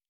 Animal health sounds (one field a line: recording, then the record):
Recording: hydrophone in a shrimp aquaculture tank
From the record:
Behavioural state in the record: normal